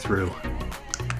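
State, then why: Seated. Someone talks while a plastic component of an autoclavable nitrous breathing mask is pushed back into place in the mask assembly. A sharp click is heard at 0.9 s as the part seats back in.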